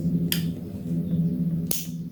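The second end of a crossover network cable, in its RJ45 plug, is pressed in a crimping tool until it clicks, with sharp clicks at 0.3 s and 1.7 s over a steady low hum. Once clicked, the plug is permanently crimped and can no longer be opened.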